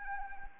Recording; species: mosquito wingbeat signal from an infrared sensor; Anopheles arabiensis